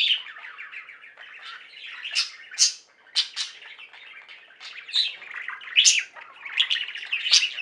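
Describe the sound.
Budgerigar chatter: continuous scratchy warbling mixed with frequent sharp high chirps that stand out.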